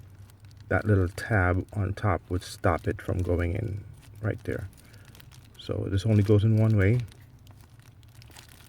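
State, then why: Not seated. Someone talks while handling the keyed plastic halves of a Porsche 928 oxygen sensor plug and its mating harness connector, lining them up before mating; a small tab on top stops the plug from going in the wrong way, so it fits only one way. Only soft rustling and handling taps are heard between the speech. Nothing has clicked or seated yet.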